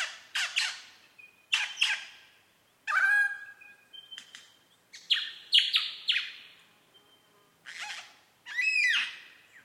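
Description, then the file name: Superb lyrebird song with varied loud phrases, sharp cracking notes, harmonic whistled calls and a ringing note near the end. Recorded at Mount Airly; date given as 30 May 2011. "SLB-mt airly 300511"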